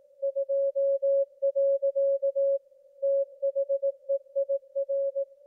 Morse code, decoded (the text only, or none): 2. THEIR